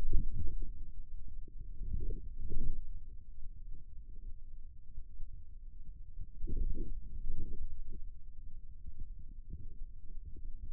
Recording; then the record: forearm muscle sounds (acoustic myography)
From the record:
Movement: radial deviation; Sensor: system 2, bracelet of six BSWA MPA416 microphones around the upper forearm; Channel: 3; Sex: male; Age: 22 years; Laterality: right